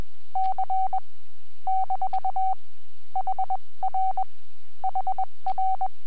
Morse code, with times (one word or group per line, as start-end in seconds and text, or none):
0.4-1.0 C
1.7-2.5 -
3.2-4.2 HR
4.8-5.9 HR